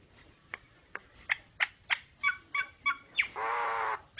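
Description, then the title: Nias hill myna calls: short sharp clicks and whistled notes about three per second, ending in a long harsh nasal rasp. Energetic 'gacor' singing with a very loud 'super gledek' voice, used as master material for tutoring songbirds. "Burung Jalak Nias Gacor Suara Super Gledek Untuk Masteran"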